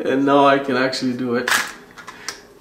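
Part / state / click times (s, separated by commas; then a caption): front bed/cover of a folding film camera latching into the camera body / seated / 2.1 s, 2.3 s. Someone talks as the lens standard of a vintage Moskva 5 folding film camera is lowered and the front bed is folded flat, followed by a broadband rustle of handling. Two short clicks sound at 2.1 s and 2.3 s, the second louder, as the bed/cover latches shut into the camera body.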